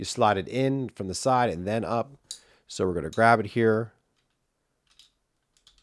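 Someone talks while gripping the metal cover housing of a 2022–2025 BMW X1 key fob, after its CR2032 battery replacement, and lines it up to slide in from the side and then up. After the talking stops, a few faint, brief ticks of handling come between about 4.9 and 5.8 seconds. The cover has not clicked into place yet.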